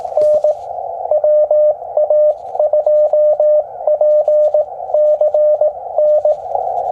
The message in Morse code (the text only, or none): N WA2PCN